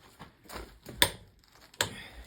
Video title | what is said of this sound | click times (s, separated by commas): How to Replace a Park Light Bulb On Your 2014 Ford Escape | And you know, when you hear that click, you know that those tires are on solid. | 1.0 s, 1.8 s